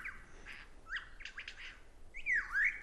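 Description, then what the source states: Superb lyrebird song: varied whistled notes and short chattering phrases, ending in a loud, sweeping whistle that falls and rises. Wild male breaking into song in forest, watched in a small open spot from a fallen tree trunk, near the southeastern corner of Australia.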